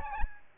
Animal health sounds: mosquito wingbeat signal from an infrared sensor; Aedes albopictus

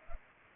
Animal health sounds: mosquito wingbeat signal from an infrared sensor; Culex pipiens

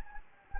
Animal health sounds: mosquito wingbeat signal from an infrared sensor; Anopheles gambiae

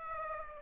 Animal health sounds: mosquito wingbeat signal from an infrared sensor; Aedes aegypti

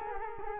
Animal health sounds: mosquito wingbeat signal from an infrared sensor; Culex quinquefasciatus

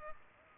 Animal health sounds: mosquito wingbeat signal from an infrared sensor; Culex pipiens

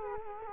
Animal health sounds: mosquito wingbeat signal from an infrared sensor; Culex quinquefasciatus

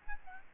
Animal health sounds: mosquito wingbeat signal from an infrared sensor; Aedes albopictus

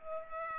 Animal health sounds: mosquito wingbeat signal from an infrared sensor; Culex pipiens

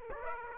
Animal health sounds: mosquito wingbeat signal from an infrared sensor; Aedes aegypti

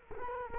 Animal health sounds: mosquito wingbeat signal from an infrared sensor; Culex quinquefasciatus

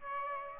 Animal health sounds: mosquito wingbeat signal from an infrared sensor; Aedes aegypti

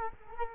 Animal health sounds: mosquito wingbeat signal from an infrared sensor; Culex quinquefasciatus

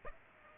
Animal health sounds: mosquito wingbeat signal from an infrared sensor; Aedes aegypti

